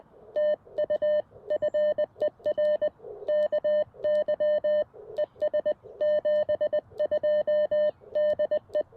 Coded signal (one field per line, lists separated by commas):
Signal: Morse code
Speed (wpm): 20 wpm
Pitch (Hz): 590 Hz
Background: none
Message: TU FER KY ES 72 DE